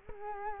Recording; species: mosquito wingbeat signal from an infrared sensor; Culex quinquefasciatus